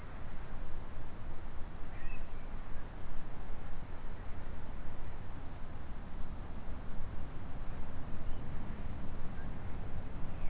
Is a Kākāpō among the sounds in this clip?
no